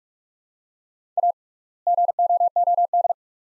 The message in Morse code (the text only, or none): A GOOD